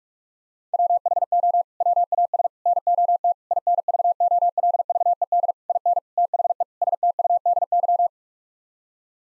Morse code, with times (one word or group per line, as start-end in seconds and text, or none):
0.7-1.6 WHO
1.8-2.5 WAS
2.7-3.3 NOT
3.5-5.5 INVOLVED
5.7-6.0 IN
6.2-6.6 THE
6.8-8.1 STUDY